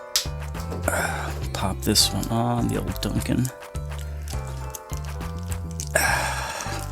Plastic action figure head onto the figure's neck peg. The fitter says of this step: Doesn't really snap into place like the other one does.